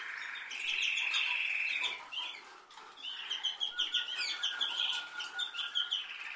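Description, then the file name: Canary song: a loud rolling trill, a brief lull, then a series of quick chirped notes and trills. "Canary Voice"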